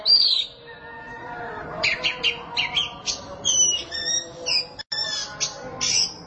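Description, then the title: Oriental magpie-robin song: varied sharp whistles and chirps, some sliding, over a constant low hum. Song (kicauan). "Suara Kicauan Burung Kacer"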